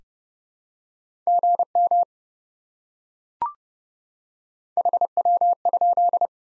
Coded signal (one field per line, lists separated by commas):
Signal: Morse code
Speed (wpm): 30 wpm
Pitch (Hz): 700 Hz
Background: none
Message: GM HW?